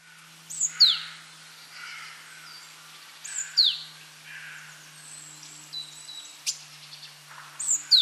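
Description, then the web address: Great tit calls: sharp, high descending notes repeated a few times, with softer chirps and a faint low hum underneath. "SETE data Parus major"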